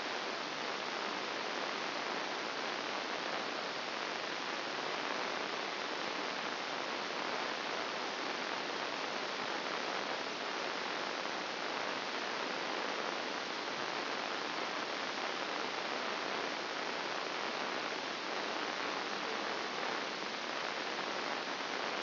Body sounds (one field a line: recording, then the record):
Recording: brain microelectrode recording played as sound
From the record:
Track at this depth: inside the subthalamic nucleus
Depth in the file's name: 4.465 mm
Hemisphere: left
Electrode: 2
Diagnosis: Parkinson's disease